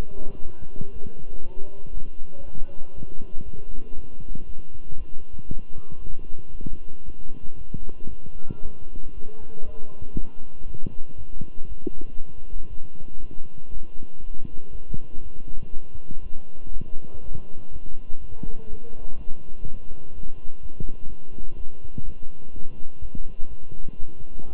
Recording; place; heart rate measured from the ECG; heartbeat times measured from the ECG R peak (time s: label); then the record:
heart sounds by stethoscope; between the tricuspid and mitral areas; 120 bpm
0.41 s: heartbeat
0.92 s: heartbeat
1.42 s: heartbeat
1.93 s: heartbeat
2.44 s: heartbeat
2.95 s: heartbeat
3.44 s: heartbeat
3.95 s: heartbeat
4.45 s: heartbeat
4.96 s: heartbeat
5.48 s: heartbeat
5.99 s: heartbeat
6.51 s: heartbeat
7.04 s: heartbeat
7.57 s: heartbeat
8.09 s: heartbeat
8.61 s: heartbeat
9.13 s: heartbeat
9.64 s: heartbeat
10.15 s: heartbeat
10.66 s: heartbeat
11.16 s: heartbeat
11.67 s: heartbeat
12.17 s: heartbeat
12.69 s: heartbeat
13.20 s: heartbeat
13.70 s: heartbeat
14.20 s: heartbeat
14.71 s: heartbeat
15.21 s: heartbeat
15.72 s: heartbeat
16.22 s: heartbeat
16.72 s: heartbeat
17.22 s: heartbeat
17.71 s: heartbeat
18.20 s: heartbeat
18.69 s: heartbeat
19.17 s: heartbeat
19.66 s: heartbeat
20.14 s: heartbeat
20.61 s: heartbeat
21.08 s: heartbeat
21.56 s: heartbeat
22.04 s: heartbeat
22.53 s: heartbeat
23.01 s: heartbeat
23.49 s: heartbeat
23.98 s: heartbeat
24.47 s: heartbeat
From the record:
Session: walking at 3.7 km/h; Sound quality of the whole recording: good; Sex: male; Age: 23 years